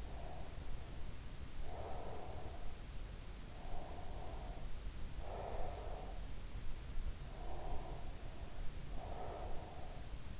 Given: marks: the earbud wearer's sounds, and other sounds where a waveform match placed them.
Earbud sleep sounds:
sounds in sleep by an in-ear microphone; breath
0.00-3.06 s: breath
3.30-6.69 s: breath
6.99-10.40 s: breath

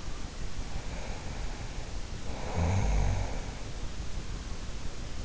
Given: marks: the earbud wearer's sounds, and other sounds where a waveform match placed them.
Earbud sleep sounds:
sounds in sleep by an in-ear microphone; snoring breath
0.18-4.40 s: snoring breath

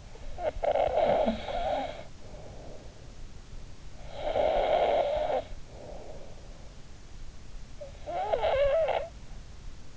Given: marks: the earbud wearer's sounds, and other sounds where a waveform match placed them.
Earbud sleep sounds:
sounds in sleep by an in-ear microphone; snoring breath
0.00-2.86 s: snoring breath
4.04-6.40 s: snoring breath
7.70-9.11 s: snoring breath

